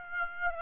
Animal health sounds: mosquito wingbeat signal from an infrared sensor; Aedes aegypti

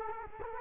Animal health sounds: mosquito wingbeat signal from an infrared sensor; Culex quinquefasciatus

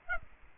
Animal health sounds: mosquito wingbeat signal from an infrared sensor; Aedes aegypti

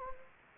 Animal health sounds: mosquito wingbeat signal from an infrared sensor; Anopheles gambiae

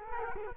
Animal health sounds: mosquito wingbeat signal from an infrared sensor; Culex quinquefasciatus

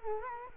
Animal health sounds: mosquito wingbeat signal from an infrared sensor; Culex quinquefasciatus

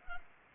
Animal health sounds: mosquito wingbeat signal from an infrared sensor; Culex pipiens

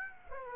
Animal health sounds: mosquito wingbeat signal from an infrared sensor; Aedes aegypti

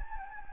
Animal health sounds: mosquito wingbeat signal from an infrared sensor; Anopheles gambiae

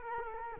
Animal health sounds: mosquito wingbeat signal from an infrared sensor; Culex quinquefasciatus

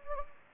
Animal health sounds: mosquito wingbeat signal from an infrared sensor; Anopheles gambiae

